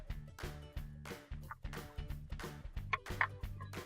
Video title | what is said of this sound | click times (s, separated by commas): GFC320V - Replacing Your GE Garbage Disposal - AP5323616, PS3501295 | you want it to snap in place, just like that | 2.9 s, 3.2 s